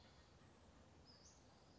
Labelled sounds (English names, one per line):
Western Flycatcher